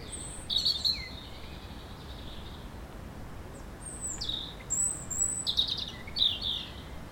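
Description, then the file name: European robin song: a short shrill phrase opens, then after a pause several high, clear whistles and warbled notes follow in quick succession over faint hiss. "Erithacus rubecula"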